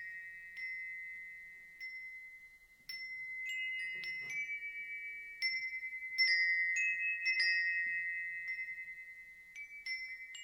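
Wind chimes ring with bright, sustained metallic tones, struck irregularly every second or so, each note hanging and slowly fading, with faint low rustling.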